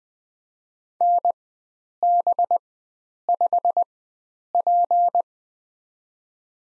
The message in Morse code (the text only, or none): NB5P